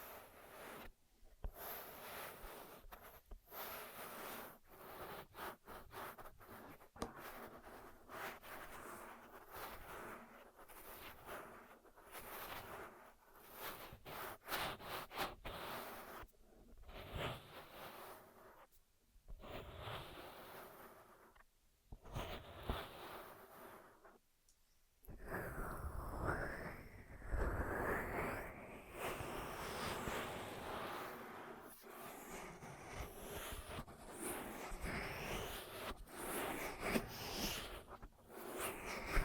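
Ear massage sounds: soft rubbing and brushing in quick bursts with brief silences, turning denser and brighter with swishing sweeps after twenty-five seconds.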